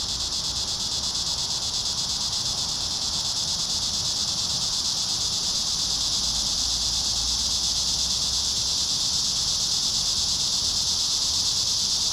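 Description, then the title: Cicadas in a thick, steady shrill chorus, an unbroken buzz with only a faint low hum beneath. Several cicadas singing in a park. "neoscenes: cicadas in the park"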